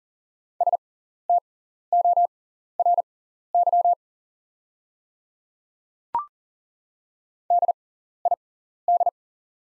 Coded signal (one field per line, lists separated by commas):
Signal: Morse code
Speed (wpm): 40 wpm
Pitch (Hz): 700 Hz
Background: none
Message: STORY DID